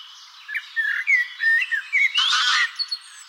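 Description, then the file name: Common blackbird uttering a quick string of varied whistled and squeaky notes, broken by a brief rough, rushing sound. "Turdus merula"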